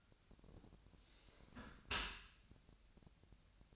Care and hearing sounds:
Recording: daily activity, microphone in the room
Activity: close dishwasher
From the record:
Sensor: 2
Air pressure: 1006.6 hPa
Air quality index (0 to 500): 202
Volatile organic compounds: 14 ppm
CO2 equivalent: 2473 ppm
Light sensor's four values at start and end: 9/21/8/9 and 9/21/8/9

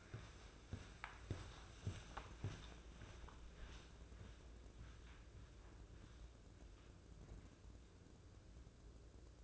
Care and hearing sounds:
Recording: daily activity, microphone in the room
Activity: walk to room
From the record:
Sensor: 2

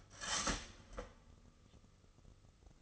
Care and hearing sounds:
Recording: daily activity, microphone in the room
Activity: start toaster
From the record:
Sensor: 4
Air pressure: 996.0 hPa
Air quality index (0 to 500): 69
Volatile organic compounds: 2 ppm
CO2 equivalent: 1269 ppm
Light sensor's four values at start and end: 12/30/12/13 and 13/30/12/13

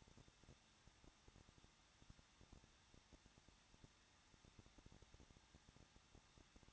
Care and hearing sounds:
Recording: daily activity, microphone in the room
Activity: no activity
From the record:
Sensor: 3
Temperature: 21.2 degrees Celsius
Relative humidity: 36.2%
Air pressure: 1006.5 hPa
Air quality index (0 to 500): 220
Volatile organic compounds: 39 ppm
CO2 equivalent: 3130 ppm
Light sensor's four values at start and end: 2/3/2/2 and 2/3/2/2

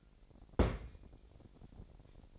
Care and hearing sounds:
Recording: daily activity, microphone in the room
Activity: place on stove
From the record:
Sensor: 5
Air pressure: 1012.1 hPa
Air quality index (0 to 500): 240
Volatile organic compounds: 4 ppm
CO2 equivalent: 1591 ppm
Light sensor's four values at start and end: 44/99/42/46 and 43/98/42/46

